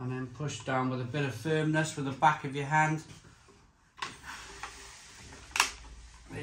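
Someone talks as a plastic dispensing tap is placed on top of a Camden Hells Lager keg in a Philips Perfect Draft home draft machine and pressed down firmly with the back of the hand. After a few soft handling knocks, a sharp click at 5.6 s shows the tap has seated onto the keg.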